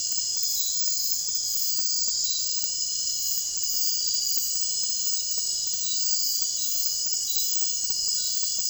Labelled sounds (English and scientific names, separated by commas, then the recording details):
none
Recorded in secondary vegetation near Puerto Asís, Putumayo, Colombia, on 28 February 2025 at 01:30
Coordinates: 0.484, -76.319
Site G010